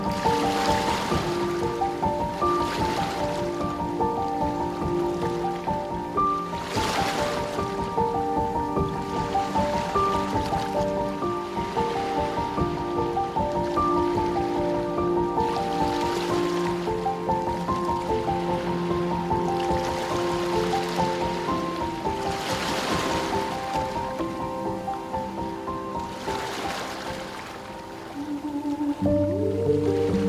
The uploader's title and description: Beach Ambience, Serene Piano Music & Ocean Waves. Gentle piano melodies intertwined with the rhythmic embrace of ocean waves and beach ambience